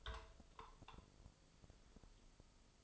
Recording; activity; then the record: daily activity, microphone in the room; take from stove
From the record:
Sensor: 5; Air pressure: 995.5 hPa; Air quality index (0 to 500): 96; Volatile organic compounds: 5 ppm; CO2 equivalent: 1828 ppm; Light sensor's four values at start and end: 34/82/34/35 and 34/81/33/34